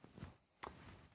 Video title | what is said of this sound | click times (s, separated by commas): Rolling Off the Frame! Full Longarm Quilting Reveal on Lady Mollington #handiquilter #moxiexl | snaps into place, and that's what holds it into place. | 0.6 s